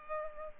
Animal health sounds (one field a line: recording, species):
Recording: mosquito wingbeat signal from an infrared sensor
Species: Culex pipiens